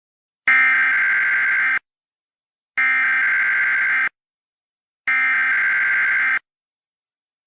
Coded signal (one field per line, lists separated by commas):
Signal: Emergency Alert System (SAME) tones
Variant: header bursts